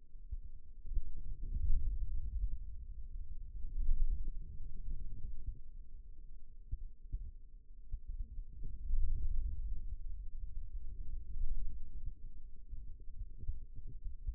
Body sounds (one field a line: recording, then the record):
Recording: forearm muscle sounds (acoustic myography)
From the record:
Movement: radial deviation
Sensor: system 2, bracelet of six BSWA MPA416 microphones around the upper forearm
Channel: 3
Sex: male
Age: 22 years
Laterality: right